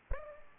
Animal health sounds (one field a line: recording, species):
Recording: mosquito wingbeat signal from an infrared sensor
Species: Aedes aegypti